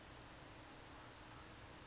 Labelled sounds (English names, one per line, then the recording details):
California Towhee
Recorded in Sonoma County, California